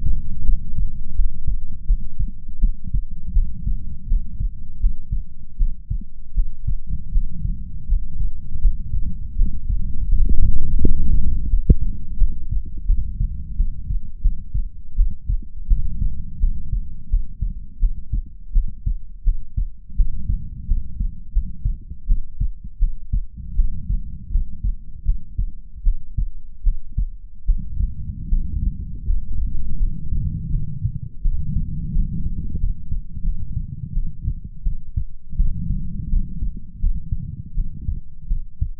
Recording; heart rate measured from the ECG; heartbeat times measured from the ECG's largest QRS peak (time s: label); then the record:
heart sounds by stethoscope; 82 bpm
0.44 s: heartbeat
1.14 s: heartbeat
1.85 s: heartbeat
2.59 s: heartbeat
3.32 s: heartbeat
4.06 s: heartbeat
4.78 s: heartbeat
5.56 s: heartbeat
6.33 s: heartbeat
7.11 s: heartbeat
7.87 s: heartbeat
8.59 s: heartbeat
9.35 s: heartbeat
10.08 s: heartbeat
10.79 s: heartbeat
11.48 s: heartbeat
12.17 s: heartbeat
12.85 s: heartbeat
13.55 s: heartbeat
14.20 s: heartbeat
14.95 s: heartbeat
15.67 s: heartbeat
16.39 s: heartbeat
17.08 s: heartbeat
17.78 s: heartbeat
18.52 s: heartbeat
19.23 s: heartbeat
19.95 s: heartbeat
20.66 s: heartbeat
21.31 s: heartbeat
22.06 s: heartbeat
22.78 s: heartbeat
23.55 s: heartbeat
24.30 s: heartbeat
25.04 s: heartbeat
25.82 s: heartbeat
26.63 s: heartbeat
27.45 s: heartbeat
28.28 s: heartbeat
29.04 s: heartbeat
29.77 s: heartbeat
30.49 s: heartbeat
31.21 s: heartbeat
31.92 s: heartbeat
32.58 s: heartbeat
33.22 s: heartbeat
33.92 s: heartbeat
34.62 s: heartbeat
35.36 s: heartbeat
36.08 s: heartbeat
36.79 s: heartbeat
37.53 s: heartbeat
38.27 s: heartbeat
From the record:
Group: healthy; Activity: rest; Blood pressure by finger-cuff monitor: 111/63 mmHg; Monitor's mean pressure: 82 mmHg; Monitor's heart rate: 82 bpm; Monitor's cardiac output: 7.2 L/min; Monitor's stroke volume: 88 mL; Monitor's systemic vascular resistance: 800 dyn s/cm5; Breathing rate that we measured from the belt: 16 breaths a minute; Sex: female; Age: 26 years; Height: 165 cm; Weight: 55 kg